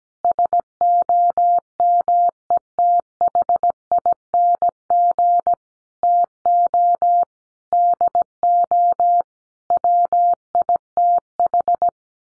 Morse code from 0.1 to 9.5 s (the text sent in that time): SOMETHING TO DO